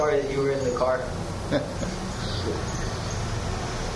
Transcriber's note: laughs